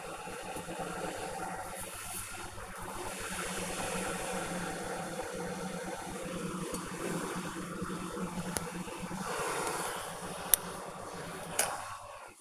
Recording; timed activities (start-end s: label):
household activities, microphone on the right wrist
0.00-12.41 s: making tea